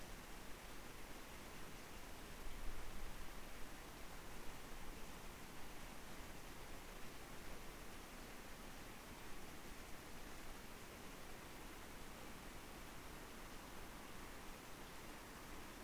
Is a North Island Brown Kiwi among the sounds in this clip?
no